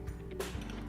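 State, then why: Not seated. A zebra shade cassette (headrail) is handled against its inside-mount ceiling brackets, its bottom front being pushed back toward the wall. Soft handling knocks and rubs sit over a steady low tonal background, with a brief sharp tick right at the end. Nothing has seated or clicked into the brackets yet.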